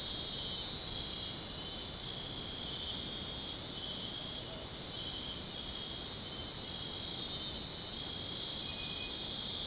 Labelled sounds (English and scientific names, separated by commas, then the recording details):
none
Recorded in dense forest near Puerto Asís, Putumayo, Colombia, on 23 June 2025 at 20:00
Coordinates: 0.499, -76.324
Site G100